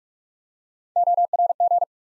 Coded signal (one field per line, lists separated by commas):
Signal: Morse code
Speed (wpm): 44 wpm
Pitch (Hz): 700 Hz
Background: none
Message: ORG